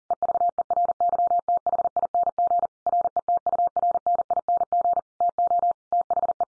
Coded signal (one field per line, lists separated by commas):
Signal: Morse code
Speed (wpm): 40 wpm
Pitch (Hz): 700 Hz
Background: none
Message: EVERYTHING RETURNING TO THE